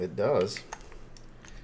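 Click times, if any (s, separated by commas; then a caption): none. Someone talks briefly while a plastic cap is pushed onto a fragrance bottle, with a few faint taps and rattles. The cap holds firmly by friction, but nothing has clicked into place.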